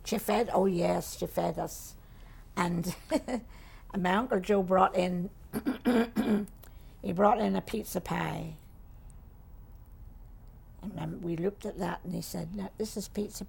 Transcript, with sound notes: She fed, oh, yes, she fed us. (she laughs) And my Uncle Joe brought in, (she clears her throat) he brought in a pizza pie. And I, we looked at that and they said, "Now, this is pizza pie."